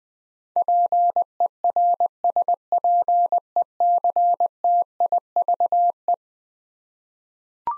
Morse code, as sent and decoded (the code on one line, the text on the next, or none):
.--. . .-. ... .--. . -.-. - .. ...- .
PERSPECTIVE